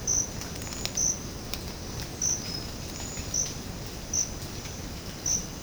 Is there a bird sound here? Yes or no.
no